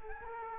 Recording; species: mosquito wingbeat signal from an infrared sensor; Culex quinquefasciatus